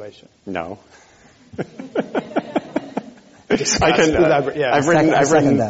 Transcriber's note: laughter